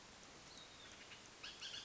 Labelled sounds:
Bullock's Oriole
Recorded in Sonoma County, California

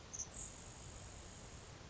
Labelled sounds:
Grasshopper Sparrow
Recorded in Sonoma County, California

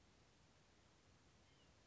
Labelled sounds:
White-breasted Nuthatch
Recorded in Sonoma County, California

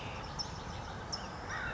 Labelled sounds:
California Towhee
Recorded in Sonoma County, California

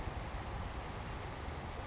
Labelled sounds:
Savannah Sparrow
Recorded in Sonoma County, California

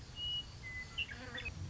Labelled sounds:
Western Meadowlark
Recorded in Sonoma County, California

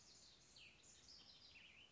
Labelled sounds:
Cassin's Vireo
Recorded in Sonoma County, California

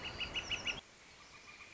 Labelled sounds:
Northern Flicker
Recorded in Sonoma County, California

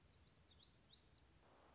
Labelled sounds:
Black-throated Gray Warbler
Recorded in Sonoma County, California

